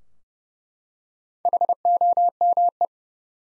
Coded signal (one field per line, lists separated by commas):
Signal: Morse code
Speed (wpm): 30 wpm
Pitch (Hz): 700 Hz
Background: none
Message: HOME